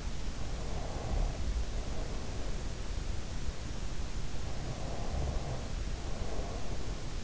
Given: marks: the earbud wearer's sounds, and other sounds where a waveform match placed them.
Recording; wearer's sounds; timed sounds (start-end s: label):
sounds in sleep by an in-ear microphone; breath
0.49-2.65 s: breath
4.59-7.24 s: breath